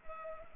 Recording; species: mosquito wingbeat signal from an infrared sensor; Culex pipiens